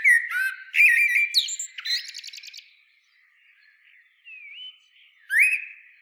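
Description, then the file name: Common blackbird song: a mellow whistled phrase breaking into chattering high twitters, a quiet pause, then a fresh rising fluty note. "Turdus merula"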